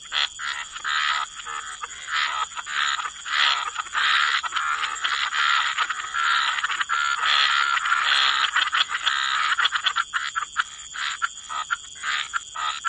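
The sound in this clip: Frogs calling in a busy, rattling chorus of overlapping pulsed bursts that rise and fall in loudness, over a constant thin high tone.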